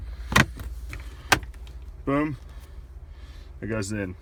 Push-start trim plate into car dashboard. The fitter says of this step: a push start snap right in boom